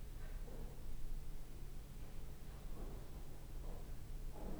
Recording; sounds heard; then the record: poultry house recording; no chicken sound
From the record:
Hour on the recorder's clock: 11